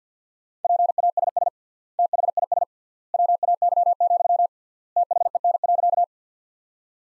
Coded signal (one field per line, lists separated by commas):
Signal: Morse code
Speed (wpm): 47 wpm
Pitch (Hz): 700 Hz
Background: none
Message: PASS THIS WAY, THEN.